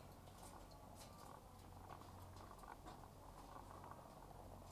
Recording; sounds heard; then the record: poultry house recording; sick chickens (respiratory disease)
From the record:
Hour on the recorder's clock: 12